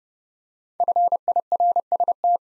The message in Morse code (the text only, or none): FIRST